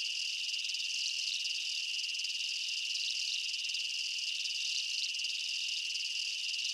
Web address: Blastwave INSECTS Amb Night Jungle. ambience insects chirps night jungle bugs